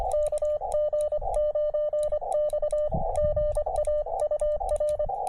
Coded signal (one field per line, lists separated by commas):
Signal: Morse code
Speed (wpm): 26 wpm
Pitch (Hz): 600 Hz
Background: radio noise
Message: KG9X GA UR